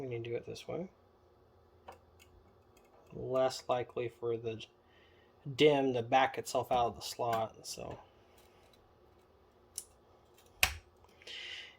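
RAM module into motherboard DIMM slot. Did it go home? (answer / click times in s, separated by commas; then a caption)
yes / 10.6 s. Someone talks as a registered ECC DDR4 DIMM is pushed down into an EPYC server motherboard slot until its plastic retention latches snap shut. A sharp latch click lands at 10.6 s, and the memory module is seated.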